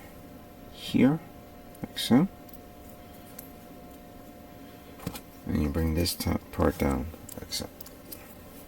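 Someone talks while bringing the top plastic part of an HG 1/144 Strike Freedom Gundam model kit down onto its assembly, with a few faint ticks of handling between the words. Nothing has seated or clicked yet; the clip ends before the part snaps into place.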